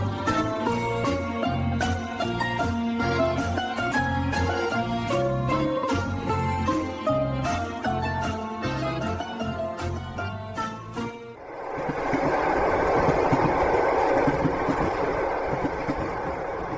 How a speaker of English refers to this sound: And now we're on the train again. We're headed further east,